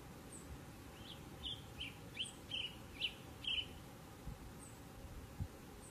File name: canto do sanhaco de fogo